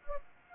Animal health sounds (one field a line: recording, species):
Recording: mosquito wingbeat signal from an infrared sensor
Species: Anopheles gambiae